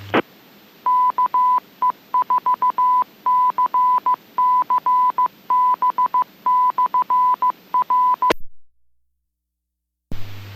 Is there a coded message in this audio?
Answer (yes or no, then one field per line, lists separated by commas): yes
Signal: Morse code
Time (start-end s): 0.9-8.3 s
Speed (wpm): 15 wpm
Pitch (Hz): 1000 Hz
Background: none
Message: KE4CCB/R